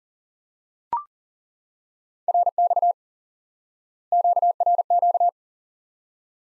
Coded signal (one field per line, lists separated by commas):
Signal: Morse code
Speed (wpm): 38 wpm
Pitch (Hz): 700 Hz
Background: none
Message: RX QRQ